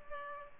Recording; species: mosquito wingbeat signal from an infrared sensor; Culex pipiens